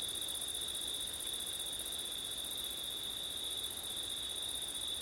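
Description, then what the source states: Crickets produce a continuous high trill, level and unchanging across the whole few seconds. Crickets on a September night with wind; labelled ortif.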